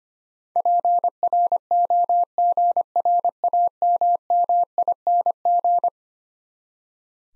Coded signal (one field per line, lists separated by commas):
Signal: Morse code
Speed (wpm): 25 wpm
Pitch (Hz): 700 Hz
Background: none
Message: PROGRAMMING